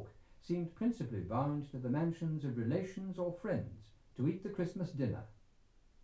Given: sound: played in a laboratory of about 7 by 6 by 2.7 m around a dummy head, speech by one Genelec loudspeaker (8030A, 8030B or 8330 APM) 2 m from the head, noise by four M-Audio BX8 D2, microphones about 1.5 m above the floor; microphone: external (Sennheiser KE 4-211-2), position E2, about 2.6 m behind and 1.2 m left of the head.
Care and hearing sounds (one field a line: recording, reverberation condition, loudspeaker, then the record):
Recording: male speech in English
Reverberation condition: low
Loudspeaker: behind (180 degrees)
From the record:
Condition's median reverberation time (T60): about 310 ms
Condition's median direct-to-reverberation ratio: about 3.5 dB